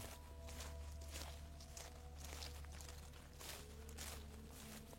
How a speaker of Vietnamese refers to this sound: Hai vợ chồng còn chưa kịp nằm xuống thì cả hai hoảng hồn, nghe có tiếng bước chân loạt xoạt dẫm vào lá cây khô ở bên ngoài vang lên ngay sau tấm vách của họ.